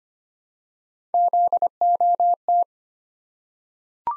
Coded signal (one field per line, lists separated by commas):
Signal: Morse code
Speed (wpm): 25 wpm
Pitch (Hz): 700 Hz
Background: none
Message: ZOT